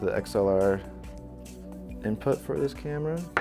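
An XLR cable plug is handled near the XLR input of a Sony Z150 camcorder, to be lined up with the pegs and pushed in until it latches, while someone talks over music. Nothing has seated or clicked yet.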